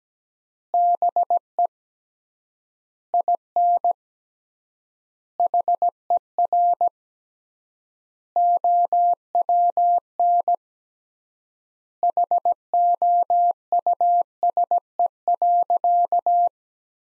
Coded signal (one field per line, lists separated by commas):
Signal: Morse code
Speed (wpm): 17 wpm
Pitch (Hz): 700 Hz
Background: none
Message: BE IN HER OWN HOUSE.